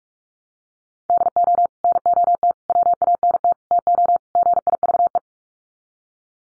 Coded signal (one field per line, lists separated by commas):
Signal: Morse code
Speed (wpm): 44 wpm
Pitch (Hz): 700 Hz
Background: none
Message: DO NOT WANT TO GIVE